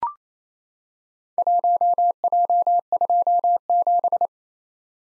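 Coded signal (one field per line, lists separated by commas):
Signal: Morse code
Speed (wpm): 28 wpm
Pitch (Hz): 700 Hz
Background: none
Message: 1J27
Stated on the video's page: Four-character random letter-number practice groups at 28 wpm, each sent in Morse, spoken, then sent again, for head-copy training.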